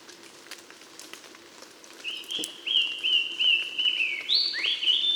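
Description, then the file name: Eurasian blackcap singing a run of clear, fluty whistled notes at a steady pitch, about three per second, ending in a higher flourish, with faint crackling behind. "Sylvia atricapilla"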